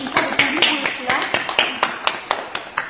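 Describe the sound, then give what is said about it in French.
Steady, rhythmic hand clapping from an audience, about a dozen sharp claps at an even beat, with voices murmuring faintly underneath. “Vous avez applaudi pourquoi?”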